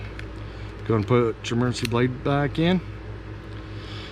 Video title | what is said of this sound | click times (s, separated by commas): How to replace a 2015 Nissan Altima 5 Button Prox Smart Key Battery | squeeze it you'll hear it snap | 0.2 s